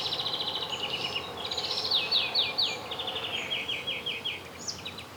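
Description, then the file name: European greenfinch giving fast rattling trills that lead into a run of sharp downslurred notes, then more trills, with a constant low hum underneath. "Chloris chloris"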